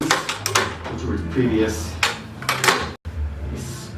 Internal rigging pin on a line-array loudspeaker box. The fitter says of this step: then there is an internal pin system, so I have to lift up slightly till I hear a click and it will release, which